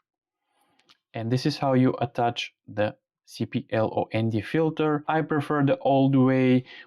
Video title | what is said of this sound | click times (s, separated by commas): How Filters Change Your Drone Shots! | You're gonna hear like a click, and | 0.8 s, 0.9 s